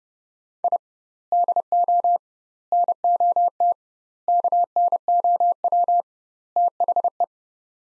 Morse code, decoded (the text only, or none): I DO NOT KNOW THE